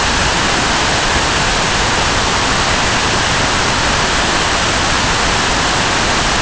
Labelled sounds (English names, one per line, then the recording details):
none
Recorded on Arctic tundra, site NAIT-1, on 25 June 2018
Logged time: 03:00